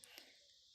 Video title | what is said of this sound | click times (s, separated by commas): Washing Machine Se Pani Na Nikle To Kya Kare -- Washing Machine Not Draining -- Electrical Ratyendra | देखो, यह lock है। | 0.0 s, 0.2 s